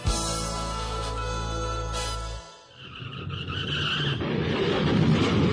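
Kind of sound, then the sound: vehicle, car skidding and crashing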